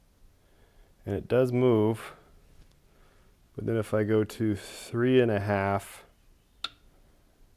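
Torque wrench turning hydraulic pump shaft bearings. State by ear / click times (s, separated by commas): torque reached / 6.7 s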